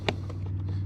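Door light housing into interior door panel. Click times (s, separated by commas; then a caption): 0.1 s. A plastic door courtesy light housing on a 1998-2002 Honda Accord is pushed by feel into its opening in the interior door trim panel. It snaps in with one sharp click at 0.1 s over a steady low hum, followed by a couple of faint softer ticks. The housing is seated and locked in place.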